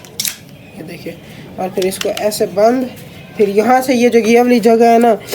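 A fold release button on the back of a handheld camera stabilizer arm is pressed so the arm releases and folds closed, giving a sharp click at 0.2 s. Someone then talks.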